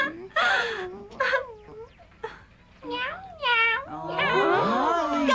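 A cat meows over and over, a string of drawn-out, wavering meows that rise and fall in pitch, ending in a longer, overlapping wailing stretch.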